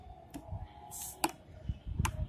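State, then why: Seated. A RAM memory stick is pressed down with the thumb into a motherboard DIMM slot until the retention clips snap shut, giving sharp clicks at 1.2 s and 2.1 s after a fainter tick near 0.3 s. The module is seated and held tight in the slot.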